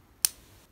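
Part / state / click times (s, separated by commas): pen cap onto gel ink pen / seated / 0.2 s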